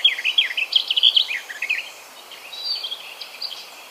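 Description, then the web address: Garden warbler song, a quick tumbling warble of varied notes at the start, then softer, sparse twittering over faint background hiss. "ljud Sylvia borin"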